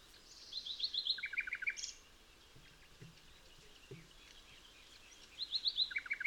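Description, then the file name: Common nightingale singing, rapid trills of repeated notes, a high series dropping to a lower rattling series, then a pause and the phrase again, over quiet background hiss. "Luscinia megarhynchos"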